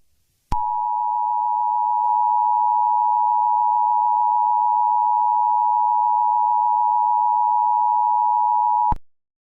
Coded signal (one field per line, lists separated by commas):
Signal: Emergency Alert System (SAME) tones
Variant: 853 and 960 Hz attention tone